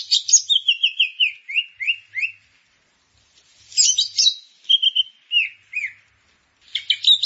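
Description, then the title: Grey-cheeked bulbul song in separate bursts: a run of quick descending slurred notes, a silent gap, then more chattering phrases and a buzzy ending. "Kicau Burung Cucak Jenggot"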